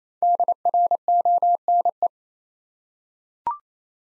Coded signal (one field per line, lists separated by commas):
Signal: Morse code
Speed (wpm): 27 wpm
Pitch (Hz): 700 Hz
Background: none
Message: DRONE